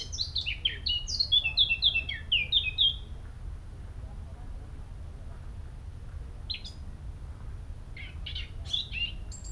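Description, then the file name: Eurasian blackcap song: a rapid warbled phrase ending in clear fluty notes for about three seconds, then a quiet gap and a few scattered short notes, with low background hum. "Sylvia atricapilla"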